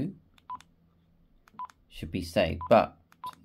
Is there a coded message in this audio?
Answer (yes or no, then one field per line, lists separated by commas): no